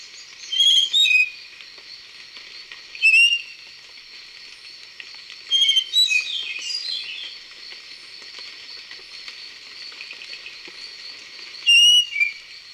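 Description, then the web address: Spotted nightingale-thrush song: short clear whistled phrases with sliding notes, given four times at irregular gaps over a steady high insect-like hiss. Recorded in Ecuador, South America. "Natures Songs S America Birds of Ecuador Spotted Nightingale-Thrush"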